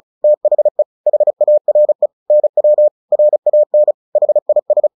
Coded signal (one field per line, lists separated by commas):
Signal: Morse code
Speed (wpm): 36 wpm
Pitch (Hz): 600 Hz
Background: none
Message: THE HARE NW RAN HIS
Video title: CW short story/Headcopy practice 35WPM. Tortoise and the Hare